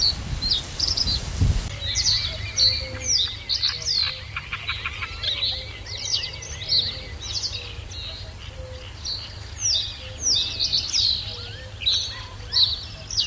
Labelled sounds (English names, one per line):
Reed Bunting